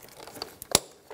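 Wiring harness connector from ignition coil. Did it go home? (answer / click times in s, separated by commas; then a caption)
released / 0.8 s. A plastic wiring harness connector is unlatched from an old ignition coil on a 2003-2007 Infiniti G35 by pressing its locking tab and pulling it straight back. Faint crinkling and small ticks lead up to one loud, sharp snap at 0.8 s as the connector releases.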